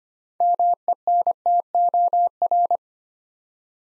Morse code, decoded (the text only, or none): MENTOR